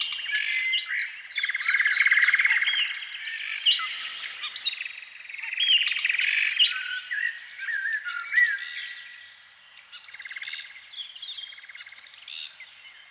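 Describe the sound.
Canary song, a dense run of bright warbles, rapid trills and sharp chirps, rising and falling in loudness without a pause.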